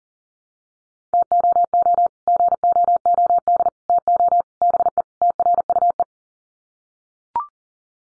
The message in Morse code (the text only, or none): TOO GOOD TO BE TRUE